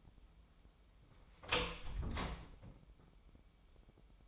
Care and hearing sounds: daily activity, microphone in the room; close door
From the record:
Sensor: 1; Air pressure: 996.1 hPa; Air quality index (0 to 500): 37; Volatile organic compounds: 1 ppm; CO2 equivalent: 665 ppm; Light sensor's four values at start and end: 14/34/14/16 and 14/33/14/16

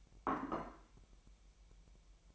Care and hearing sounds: daily activity, microphone in the room; place plate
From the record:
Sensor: 1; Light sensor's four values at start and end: 8/28/10/11 and 8/28/10/11

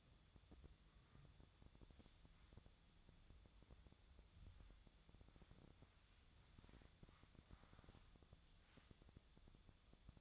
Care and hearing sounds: daily activity, microphone in the room; wipe stove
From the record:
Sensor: 3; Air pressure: 1004.7 hPa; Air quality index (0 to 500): 76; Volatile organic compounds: 2 ppm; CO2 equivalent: 1147 ppm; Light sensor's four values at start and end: 8/19/7/7 and 8/19/7/7

